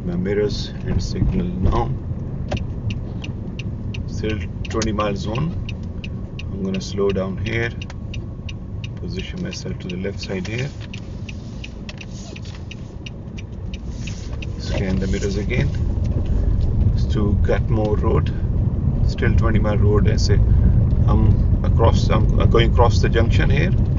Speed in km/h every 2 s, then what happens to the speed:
21, 21, 18, 15, 11, 6, 8, 13, 16, 21, 19, 19.
0-9 slows to 6. 12-18 speeds up to 21. 18-24 steady at about 19.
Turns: 8-12.